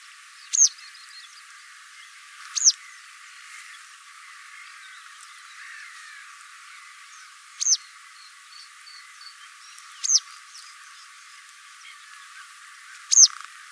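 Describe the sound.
Wagtail calls: five sharp, high, thin notes at uneven intervals, with a few faint short chirps between them.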